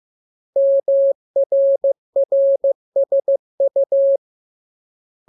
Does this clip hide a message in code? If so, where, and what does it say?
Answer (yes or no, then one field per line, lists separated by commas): yes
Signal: Morse code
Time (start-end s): 0.6-4.2 s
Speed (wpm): 15 wpm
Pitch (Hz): 550 Hz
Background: none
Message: MRRSU